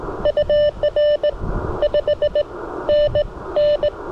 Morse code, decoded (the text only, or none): UR 5NN